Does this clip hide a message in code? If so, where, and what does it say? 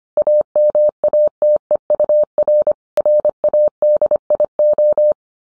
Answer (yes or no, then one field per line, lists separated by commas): yes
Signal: Morse code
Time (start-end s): 0.2-5.1 s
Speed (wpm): 25 wpm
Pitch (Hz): 600 Hz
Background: none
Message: AMATEUR RADIO